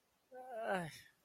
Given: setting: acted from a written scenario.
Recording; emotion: vocal sound without words; fear